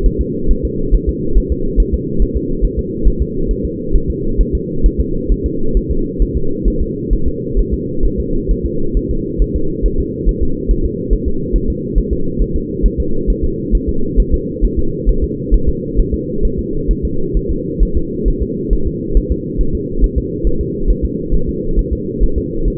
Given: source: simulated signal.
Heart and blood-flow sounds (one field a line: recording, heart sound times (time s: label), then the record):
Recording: fetal heart sounds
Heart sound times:
0.06 s: S1
0.21 s: S2
0.51 s: S1
0.65 s: S2
0.94 s: S1
1.09 s: S2
1.38 s: S1
1.52 s: S2
1.80 s: S1
1.94 s: S2
2.22 s: S1
2.37 s: S2
2.65 s: S1
2.79 s: S2
3.07 s: S1
3.22 s: S2
3.51 s: S1
3.65 s: S2
3.95 s: S1
4.10 s: S2
4.41 s: S1
4.55 s: S2
4.86 s: S1
5.00 s: S2
5.32 s: S1
5.46 s: S2
5.77 s: S1
5.91 s: S2
6.22 s: S1
6.37 s: S2
6.68 s: S1
6.82 s: S2
7.13 s: S1
7.28 s: S2
7.59 s: S1
7.74 s: S2
8.05 s: S1
8.20 s: S2
8.51 s: S1
8.66 s: S2
8.97 s: S1
9.11 s: S2
9.42 s: S1
9.56 s: S2
9.86 s: S1
10.00 s: S2
10.29 s: S1
10.43 s: S2
10.71 s: S1
10.85 s: S2
11.13 s: S1
11.28 s: S2
11.56 s: S1
11.70 s: S2
11.98 s: S1
12.13 s: S2
12.42 s: S1
12.56 s: S2
12.86 s: S1
13.00 s: S2
13.30 s: S1
13.44 s: S2
13.75 s: S1
13.89 s: S2
14.20 s: S1
14.34 s: S2
14.64 s: S1
14.79 s: S2
15.09 s: S1
15.24 s: S2
15.54 s: S1
15.69 s: S2
16.00 s: S1
16.14 s: S2
16.45 s: S1
16.59 s: S2
16.91 s: S1
17.05 s: S2
17.37 s: S1
17.51 s: S2
17.83 s: S1
17.97 s: S2
18.28 s: S1
18.42 s: S2
18.73 s: S1
18.87 s: S2
19.17 s: S1
19.31 s: S2
19.61 s: S1
19.75 s: S2
20.04 s: S1
20.18 s: S2
20.47 s: S1
20.61 s: S2
20.90 s: S1
21.05 s: S2
21.34 s: S1
21.49 s: S2
21.79 s: S1
21.93 s: S2
22.23 s: S1
22.38 s: S2
22.68 s: S1
From the record:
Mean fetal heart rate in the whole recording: 135 bpm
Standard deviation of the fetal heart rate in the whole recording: 3 bpm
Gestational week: 36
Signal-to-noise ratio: -8.1 dB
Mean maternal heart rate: 72 bpm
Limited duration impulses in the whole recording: absent